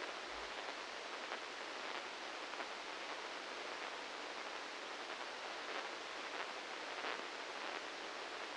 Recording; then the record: brain microelectrode recording played as sound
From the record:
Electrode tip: inside the subthalamic nucleus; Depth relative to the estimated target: -2 mm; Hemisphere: left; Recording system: NeuroSet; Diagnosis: Parkinson's disease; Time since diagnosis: 15 years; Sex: male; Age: 65 years